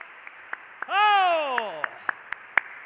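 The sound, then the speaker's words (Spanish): A church audience claps steadily to the glory of the Lord, a dense wash of applause with a few sharper claps standing out, while one voice lets out a long, loud shout that slowly falls in pitch. “Dale un aplauso a la gloria del Señor.”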